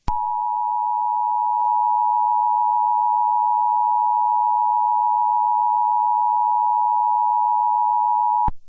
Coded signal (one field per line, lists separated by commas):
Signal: Emergency Alert System (SAME) tones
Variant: 853 and 960 Hz attention tone